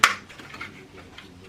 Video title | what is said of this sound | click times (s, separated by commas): 干衣机不启动？别急着扔｜听到滴水声可能是关键｜Dryer Won’t Start? Hidden Clue Inside | 再把这些个卡扣周边的卡扣全都捏上去 | 0.0 s